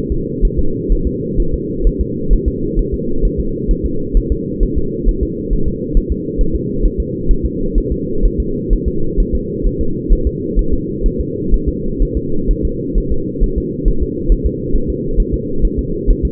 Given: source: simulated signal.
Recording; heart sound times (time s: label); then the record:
fetal heart sounds
0.12 s: S2
0.45 s: S1
0.59 s: S2
0.92 s: S1
1.07 s: S2
1.40 s: S1
1.54 s: S2
1.87 s: S1
2.01 s: S2
2.33 s: S1
2.48 s: S2
2.79 s: S1
2.94 s: S2
3.25 s: S1
3.40 s: S2
3.71 s: S1
3.85 s: S2
4.17 s: S1
4.32 s: S2
4.63 s: S1
4.78 s: S2
5.09 s: S1
5.23 s: S2
5.53 s: S1
5.68 s: S2
5.97 s: S1
6.12 s: S2
6.41 s: S1
6.56 s: S2
6.85 s: S1
7.00 s: S2
7.31 s: S1
7.46 s: S2
7.78 s: S1
7.92 s: S2
8.25 s: S1
8.40 s: S2
8.73 s: S1
8.88 s: S2
9.20 s: S1
9.35 s: S2
9.67 s: S1
9.81 s: S2
10.13 s: S1
10.27 s: S2
10.59 s: S1
10.73 s: S2
11.06 s: S1
11.21 s: S2
11.54 s: S1
11.68 s: S2
12.02 s: S1
12.17 s: S2
12.51 s: S1
12.65 s: S2
12.98 s: S1
13.12 s: S2
13.44 s: S1
13.58 s: S2
13.88 s: S1
14.03 s: S2
14.32 s: S1
14.46 s: S2
14.76 s: S1
14.90 s: S2
15.20 s: S1
15.34 s: S2
15.65 s: S1
15.79 s: S2
16.10 s: S1
16.25 s: S2
From the record:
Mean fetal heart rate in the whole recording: 130 bpm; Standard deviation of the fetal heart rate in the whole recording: 4 bpm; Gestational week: 38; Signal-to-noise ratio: -8.1 dB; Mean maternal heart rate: 72 bpm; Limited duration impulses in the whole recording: absent